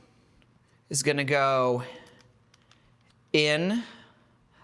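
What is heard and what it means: A new plastic flush button for an auto-flush kit on a TOTO Aurora is handled as it goes in towards the front of the bidet remote control, while someone talks and faint small taps sound between the words. Nothing has seated or clicked into place yet.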